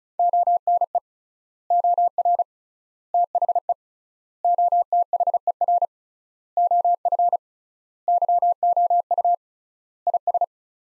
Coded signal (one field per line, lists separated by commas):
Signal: Morse code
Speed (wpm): 36 wpm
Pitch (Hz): 700 Hz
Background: none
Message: ONE OR THE OTHER OF YOU IS